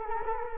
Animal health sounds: mosquito wingbeat signal from an infrared sensor; Culex quinquefasciatus

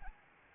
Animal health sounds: mosquito wingbeat signal from an infrared sensor; Anopheles arabiensis

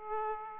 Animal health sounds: mosquito wingbeat signal from an infrared sensor; Aedes aegypti

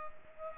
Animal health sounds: mosquito wingbeat signal from an infrared sensor; Culex pipiens

